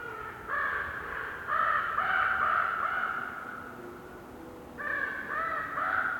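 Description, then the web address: Raven croaking in a run of rough calls, several strung together, then a pause and two more. Raven croaking in a winter forest during a windy, whistling blizzard with snow, North Laurentian Woods, Canada. "WINTER Forest windy whistling blizzard snow with raven bird croaking, North Laurentian Woods, Canada. GDC 2018-Game Audio Bundle"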